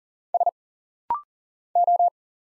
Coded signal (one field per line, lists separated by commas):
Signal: Morse code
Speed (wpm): 40 wpm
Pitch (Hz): 700 Hz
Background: none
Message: S O